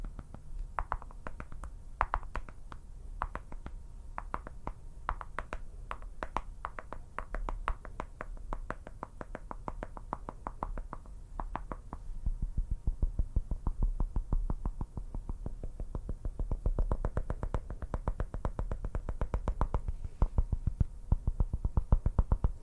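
Quick, crisp tapping clicks run through the whole clip, dense and irregular, with short bursts of faster taps. After about twelve seconds a low rumbling rub joins in underneath and the taps grow louder and busier toward the end.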